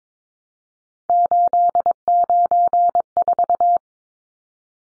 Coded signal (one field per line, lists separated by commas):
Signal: Morse code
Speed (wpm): 22 wpm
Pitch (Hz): 700 Hz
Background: none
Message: 894